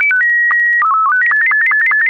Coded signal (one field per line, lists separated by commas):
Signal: SSTV (slow-scan television)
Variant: Robot 24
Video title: Daily Minutes, December 21, 2015, with contestia.